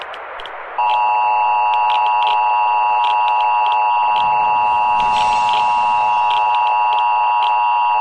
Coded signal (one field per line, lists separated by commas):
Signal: Emergency Alert System (SAME) tones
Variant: 853 and 960 Hz attention tone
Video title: eas Scenario:dmr Had￼￼ Exploded￼￼